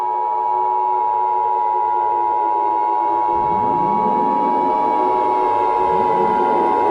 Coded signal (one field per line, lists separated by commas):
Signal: Emergency Alert System (SAME) tones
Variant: 853 and 960 Hz attention tone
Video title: EAS Scenario #7: Adventure Island